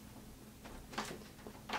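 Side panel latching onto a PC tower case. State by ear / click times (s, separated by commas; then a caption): not seated / none. The hinged side panel of a 600T PC tower case is swung closed by hand, with soft handling and rustling noises. A sharper broadband knock comes at about 1.0 s and another near 1.7 s, but the panel has not latched or clicked into place yet.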